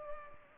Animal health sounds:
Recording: mosquito wingbeat signal from an infrared sensor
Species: Culex pipiens

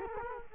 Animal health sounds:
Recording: mosquito wingbeat signal from an infrared sensor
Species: Culex quinquefasciatus

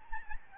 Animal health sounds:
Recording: mosquito wingbeat signal from an infrared sensor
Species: Aedes albopictus

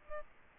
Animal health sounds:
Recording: mosquito wingbeat signal from an infrared sensor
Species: Aedes albopictus

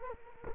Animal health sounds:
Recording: mosquito wingbeat signal from an infrared sensor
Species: Culex quinquefasciatus

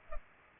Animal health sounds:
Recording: mosquito wingbeat signal from an infrared sensor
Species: Culex pipiens

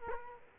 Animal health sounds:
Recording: mosquito wingbeat signal from an infrared sensor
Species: Culex quinquefasciatus

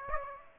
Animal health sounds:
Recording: mosquito wingbeat signal from an infrared sensor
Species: Aedes aegypti

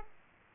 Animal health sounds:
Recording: mosquito wingbeat signal from an infrared sensor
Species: Aedes aegypti

